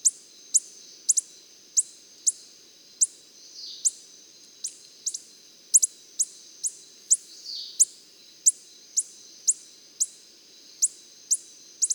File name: Coppery headed emerald